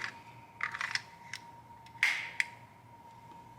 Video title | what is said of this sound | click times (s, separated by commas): Shield Arms S15 Gen 3 Review (Slimline Glock Saver... Improved) | much more pronounced click and at the same time much more field you you know that the magazine is locked into place | 2.0 s